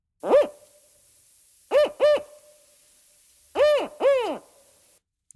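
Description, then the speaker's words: Northern Spotted Owl hooting, five short barking hoots given singly then in pairs: one, a double, then another double over about four seconds. Endangered species detected in the wild in British Columbia, Canada, in 2023; played back on radio. "That is the call of a northern spotted owl, an endangered species that was detected in BC's wild in 2023."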